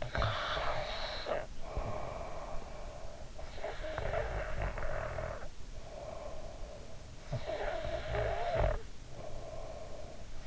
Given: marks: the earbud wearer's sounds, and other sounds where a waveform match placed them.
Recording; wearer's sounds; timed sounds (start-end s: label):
sounds in sleep by an in-ear microphone; snoring breath
0.00-3.46 s: snoring breath
3.62-7.24 s: snoring breath
7.34-10.47 s: snoring breath